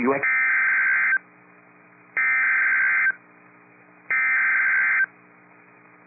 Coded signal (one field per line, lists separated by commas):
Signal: Emergency Alert System (SAME) tones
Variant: header bursts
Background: speech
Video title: EAS Timeline | Destructive February PDS Tornadoes in Wisconsin and AMBER Alerts | NOAA Weather Radio